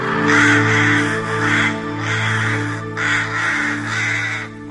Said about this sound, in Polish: Najpierw kruki, wszędzie duże i głośne.